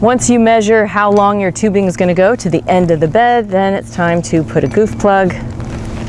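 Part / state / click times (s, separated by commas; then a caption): goof plug into end of 1/2 inch drip irrigation tubing / not seated / none. Someone talks almost throughout while a plastic goof plug is readied to push into the open end of a 1/2 inch drip irrigation tube, cut to reach the end of the bed, to cap it off. Low background noise carries on under the voice. Nothing has seated or clicked yet when the clip ends.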